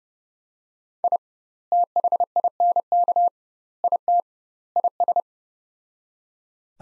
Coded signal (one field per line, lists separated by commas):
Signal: Morse code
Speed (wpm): 30 wpm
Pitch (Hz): 700 Hz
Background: none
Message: I THINK IT IS